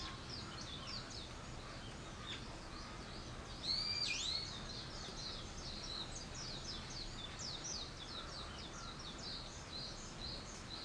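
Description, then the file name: Bird calls, a dense chorus of quick high chirps with one louder whistled note in the first half, steady background noise throughout. "wild bird"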